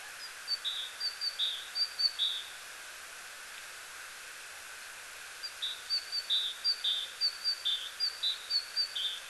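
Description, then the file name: Great tit repeating bright two-note phrases, high then lower, in a short burst, pausing a few seconds, then resuming with a longer run; soft background hiss. "Parus major"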